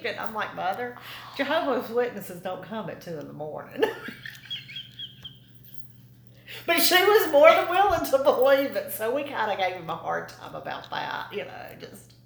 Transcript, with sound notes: I was like, “Mother, Jehovah’s Witnesses don’t come at two in the mornin’.” (laughter) But she was more than willing to believe it, so we kinda gave him a hard time about that, you know just,